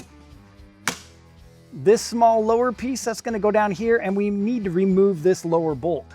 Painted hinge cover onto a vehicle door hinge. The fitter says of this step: Now, the main piece, that's just going to snap right into place.